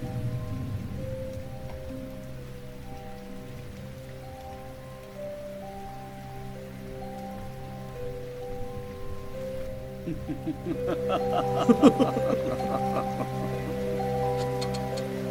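Rain falls in a steady soft patter, turning into a denser crackle of sharp drops partway through, with a faint steady hum underneath.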